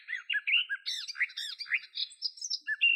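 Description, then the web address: Garden warbler singing a fast, continuous warble of rich mellow phrases, varied slurred notes tumbling up and down without pause. "Sylvia borin"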